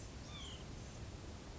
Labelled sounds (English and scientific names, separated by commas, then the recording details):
White-breasted Nuthatch (Sitta carolinensis)
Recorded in Sonoma County, California